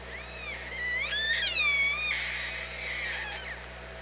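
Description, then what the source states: Orca pulsed calls, a rising and falling harmonic whine that bends sharply upward midway, then a drawn-out, slightly wavering tone over a steady low hum. OrcaLab hydrophone, 24 August 2017, 07:48.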